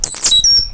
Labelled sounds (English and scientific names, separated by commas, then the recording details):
Stitchbird (Notiomystis cincta) song
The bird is a male
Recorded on Tiritiri Matangi Island, New Zealand, in 2005
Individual 8, of nest box 10